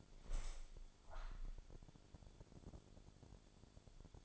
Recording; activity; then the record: daily activity, microphone in the room; open window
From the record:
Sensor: 5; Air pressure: 1000.6 hPa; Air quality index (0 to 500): 154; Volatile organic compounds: 2 ppm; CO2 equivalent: 1182 ppm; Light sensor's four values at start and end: 39/93/39/42 and 39/93/39/42